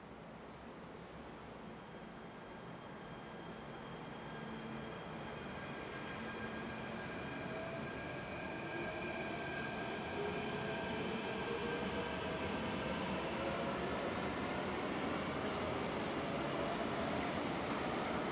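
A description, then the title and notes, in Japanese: A train rushes past a station platform, its rumble swelling steadily louder across the recording as it nears. A dense roar of wheels fills the low and middle range, with a thin high whine running through it and bright bursts of hiss in the second half. 香港MTR東桶線 欣澳駅のサウンドスケープ。欣澳（ヤンオウ）駅は荃湾区にあり、迪士尼線の分岐駅となっています。中央に機場快線（エアポート鉄道）の線路があり、かなりの高速で駆け抜けます。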